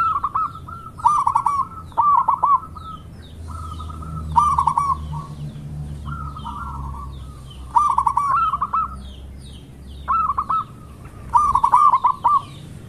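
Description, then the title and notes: Zebra dove cooing song in short rolling bursts of quick notes, separated by brief pauses. Lure call of a zebra dove singing actively. "Pancingan Perkutut. Suara Burung Perkutut Gacor"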